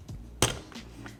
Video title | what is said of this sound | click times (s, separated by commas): Perfect Espresso Anywhere? Testing STARESSO Discovery Grinder + Espresso Combo | And then when you're ready to deploy your espresso machine. Satisfying click rubber feet. | 0.4 s